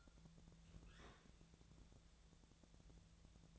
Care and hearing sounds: daily activity, microphone in the room; open fridge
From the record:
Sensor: 3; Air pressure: 1000.1 hPa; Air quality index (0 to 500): 126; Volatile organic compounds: 2 ppm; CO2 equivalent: 1124 ppm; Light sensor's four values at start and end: 43/108/46/51 and 42/108/46/51

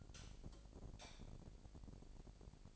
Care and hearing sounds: daily activity, microphone in the room; light off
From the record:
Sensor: 5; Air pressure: 1012.0 hPa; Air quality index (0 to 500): 247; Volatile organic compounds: 4 ppm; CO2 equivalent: 1693 ppm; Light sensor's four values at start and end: 38/92/38/40 and 37/86/36/37

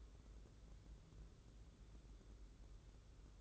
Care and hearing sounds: daily activity, microphone in the room; take from stove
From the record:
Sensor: 3

